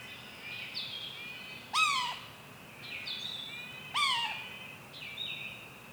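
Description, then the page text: Yellow-bellied sapsucker calling: two loud descending nasal mews with harmonics, about two seconds apart, with softer slurred calls between them. Mew call; Lac Caron, Saint-Marcellin, Quebec, Canada; 23 May 2019, morning. "Pic maculé – Sphyrapicus varius – L'Oiseau son. • Cri 'Mew' Lac Caron, Saint-Marcellin, QC, 48°21’17.7″N 68°19’41.1″W. 23 mai 2019. matin"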